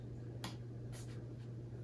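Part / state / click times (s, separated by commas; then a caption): accessory into camera hot shoe / not seated / none. An accessory is handled at the hot shoe of a Sony ZV-1 camera, with the flip-out LCD pulled aside, against a steady low hum. There is a short, sharp snap-like tick at 0.4 s and softer scraping noise around 1.0 s. Nothing has seated or clicked into place yet.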